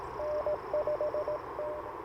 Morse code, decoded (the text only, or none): N5T